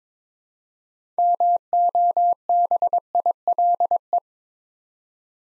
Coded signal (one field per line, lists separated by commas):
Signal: Morse code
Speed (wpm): 22 wpm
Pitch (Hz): 700 Hz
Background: none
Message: MOBILE